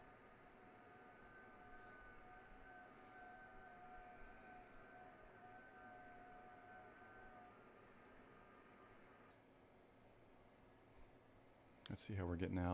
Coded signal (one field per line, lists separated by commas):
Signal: FT8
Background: speech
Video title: Alpha HOA Buster Gutter Antenna - Come QSO me on FT8